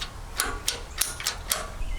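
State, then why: Not seated. A spring-loaded latch on an old utility trailer fitting, likely at the jack or winch mount, is worked repeatedly and gives a series of sharp, ratchet-like metal clacks and rattles at about 0.4, 0.7, 1.0, 1.3 and 1.5 s. Nothing has latched or clicked into place yet: the latch fails to lock, blamed on a worn-out spring.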